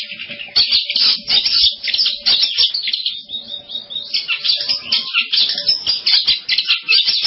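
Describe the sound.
Long-tailed shrike song, a continuous chattering stream of bright twittering and rasping notes with a brief softer, thinner passage midway before the busy chatter resumes.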